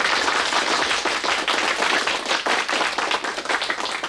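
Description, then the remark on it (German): Loud applause from a crowd, a dense, continuous wash of many hands clapping at once, sustained steadily throughout with no voices standing out. “Heftiger Applaus.”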